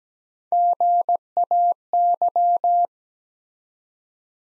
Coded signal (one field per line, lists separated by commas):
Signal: Morse code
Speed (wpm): 17 wpm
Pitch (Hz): 700 Hz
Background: none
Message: GAY